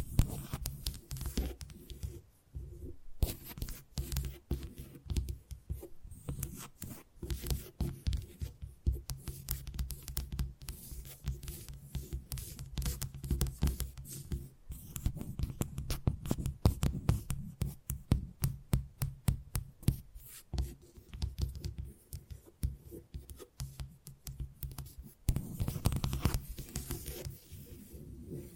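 Tapping sounds come in dense, uneven bursts of quick clicks throughout, with short pauses around three and twenty seconds. A low, steady hum sits underneath, and some passages sound more like scratching or rubbing, as if fingers drag across a surface between taps.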